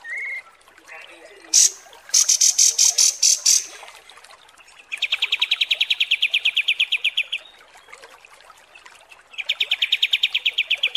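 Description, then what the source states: Pied Triller song: a brief note and a set of loud buzzy high phrases, then two long even trills of many rapid notes separated by a pause. Masteran, a tutor song for training cage birds, of kapas tembak, described as mewah (luxurious).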